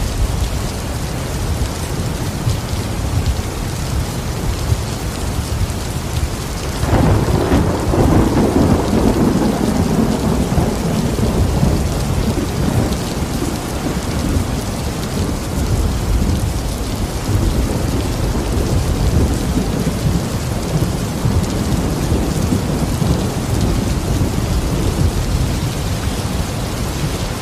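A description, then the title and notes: Heavy rain patters steadily throughout, with a low roll of thunder rumbling in around seven seconds and slowly fading over the next several. Rolling Thunder with Rain Sounds. The rolling thunder roars across the sky. Heavy rain trickling off of the roof and slapping the wooden porch.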